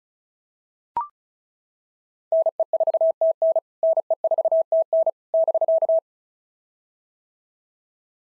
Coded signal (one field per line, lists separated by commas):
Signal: Morse code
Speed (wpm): 36 wpm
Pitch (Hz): 650 Hz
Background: none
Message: NE4TN NE4TN <BK>